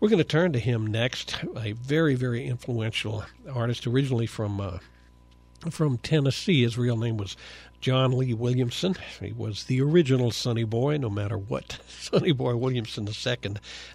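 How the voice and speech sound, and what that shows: A man narrates fluently in a clear, even voice at a steady pace with brief pauses: ordinary adult speech.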